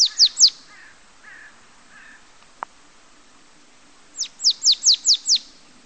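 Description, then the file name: Marsh tit song: quick series of high, sharply descending notes, three at the start and six near the end, with faint softer notes and a single click between. "Mesange nonnette"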